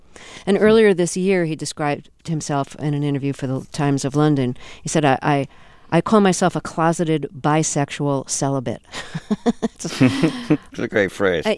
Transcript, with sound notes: And earlier this year he described himself in an interview for the Times of London. He said: I call myself a closeted, bisexual celibate.
(Soundbite of laughter) That's a great phrase.